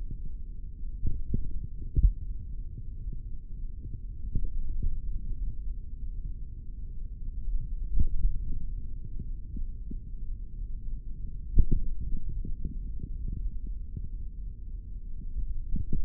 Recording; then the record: forearm muscle sounds (acoustic myography)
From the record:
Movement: tripod grip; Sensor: system 3, bracelet of six PUI Audio POM-2738L microphones around the upper forearm, with dedicated amplification and filtering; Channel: 4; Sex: male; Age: 23 years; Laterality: right